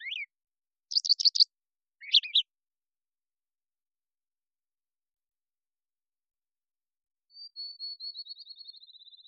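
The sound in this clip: Brown thrasher song with a rough phrase and two scratchy bursts early on, a long silence, then a fast descending series of thin high notes trailing off.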